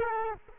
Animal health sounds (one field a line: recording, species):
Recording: mosquito wingbeat signal from an infrared sensor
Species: Culex quinquefasciatus